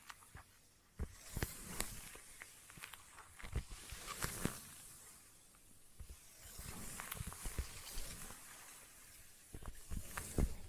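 Sticky tapping and tacky trigger sounds, made of irregular sharp clicks and pulls that crowd together in bursts. After a quiet first second, the taps come quickly for most of the clip, with a soft hissing texture running underneath and a louder cluster near the end.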